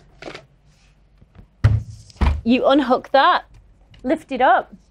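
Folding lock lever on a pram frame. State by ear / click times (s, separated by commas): not seated / none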